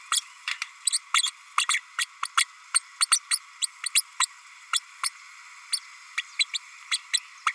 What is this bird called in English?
Green-rumped Parrotlet